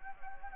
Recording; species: mosquito wingbeat signal from an infrared sensor; Anopheles gambiae